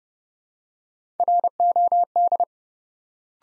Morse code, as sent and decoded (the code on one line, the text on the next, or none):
.-. --- -..
ROD